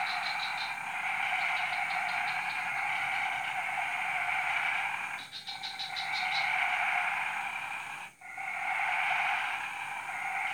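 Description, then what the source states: Frog chorus of continuous trilling with rattling pulse bursts, briefly interrupted twice by short drops in the calling. Frog chorus recorded at 03:00 on Tuesday 14 February 2017 at Jalan Kolonel Sugiono No. 9, Kuala Kapuas, Central Kalimantan, Indonesia.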